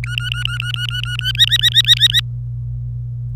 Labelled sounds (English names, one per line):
Domestic Canary song